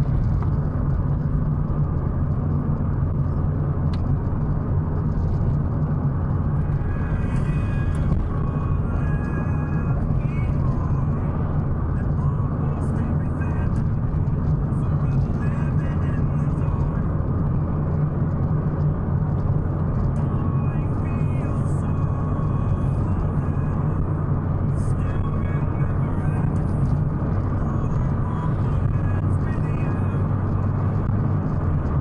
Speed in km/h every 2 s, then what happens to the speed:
78, 79, 78, 78, 78, 77, 77, 77, 78, 80, 83, 84, 84, 84, 86, 89.
0-15 steady at about 78. 15-32 speeds up to 89.